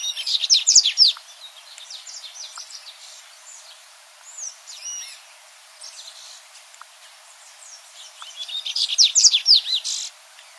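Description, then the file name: Dubois's seedeater singing a rapid twittering phrase of high slurred notes, a quieter stretch of sparse whistles, then another fast bright phrase at the close. "Canto do Papa capim de costas cinzas"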